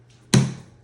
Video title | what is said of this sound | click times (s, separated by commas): SKS Archangel build | and you'll hear a click. That has now released the trigger group. | 0.3 s